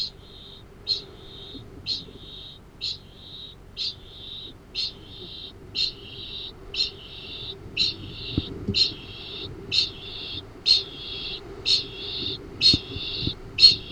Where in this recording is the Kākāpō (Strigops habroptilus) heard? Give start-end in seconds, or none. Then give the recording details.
0.04-13.91. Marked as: faintness 1/5. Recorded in New Zealand. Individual Arab